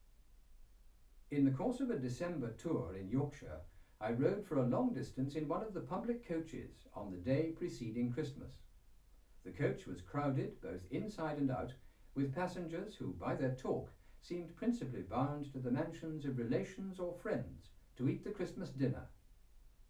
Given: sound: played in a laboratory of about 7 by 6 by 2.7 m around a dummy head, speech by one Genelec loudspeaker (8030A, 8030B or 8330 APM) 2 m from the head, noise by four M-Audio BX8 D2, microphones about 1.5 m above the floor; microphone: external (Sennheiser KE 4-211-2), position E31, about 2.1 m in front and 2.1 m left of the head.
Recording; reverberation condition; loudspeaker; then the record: male speech in English; low; 60 degrees to the right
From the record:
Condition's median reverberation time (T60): about 310 ms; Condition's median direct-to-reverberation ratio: about 3.5 dB